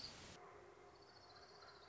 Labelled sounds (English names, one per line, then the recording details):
Orange-crowned Warbler
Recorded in Sonoma County, California